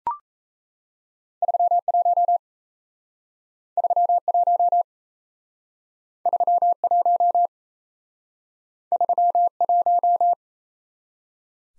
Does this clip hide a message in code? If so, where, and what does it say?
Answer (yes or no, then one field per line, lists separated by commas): yes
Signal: Morse code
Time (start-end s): 1.4-10.3 s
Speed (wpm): 35 wpm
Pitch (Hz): 700 Hz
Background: none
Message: 31 31 31 31